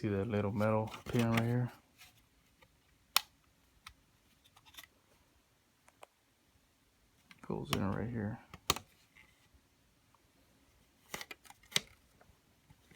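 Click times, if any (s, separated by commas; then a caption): none. A plastic component with a small metal pin is handled and pushed toward its socket on a Hoover Air Lite stick vacuum during unboxing and assembly, while someone talks. Short sharp handling taps and knocks are heard between the speech, the loudest near 3.2 s and 8.7 s. Nothing has seated or clicked yet by the end of the clip.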